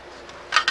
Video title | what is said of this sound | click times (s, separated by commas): Let's restore a 1979 Kenner Imperial Troop Transport together! | you can see how it's shaped only it goes through the hole on both sides it'll goes through the hole you a little little click | 0.6 s, 0.7 s